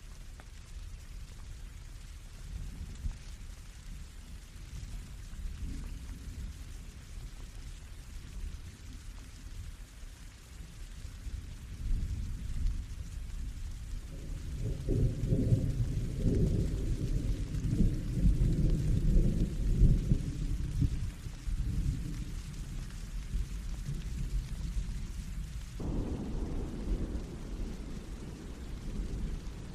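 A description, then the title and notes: Rain falls in a steady, dense hiss over a low, rolling rumble. Between about 14 and 25 seconds the rumble swells louder and heavier, like thunder, then at around 26 seconds the sound changes abruptly and the deep rumble drops away. Serene Rain Sounds.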